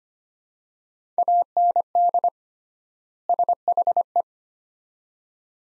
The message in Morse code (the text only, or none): AND SHE